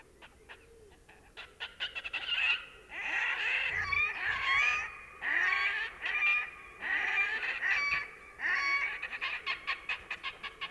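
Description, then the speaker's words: Red-necked Grebe calling in loud, wailing, nasal bursts that alternate with fast rattling chatter. Played-back recording; the call is described as loud bellowing. "Näin siis röökkii härkälintu."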